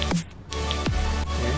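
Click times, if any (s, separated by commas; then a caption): none. A flashlight attachment head is being pushed onto the quick-connect handle of a rechargeable 3-in-1 light kit, with plastic handling sounds. Brief taps and scrapes come over a steady tonal background hum. Nothing has seated or clicked yet.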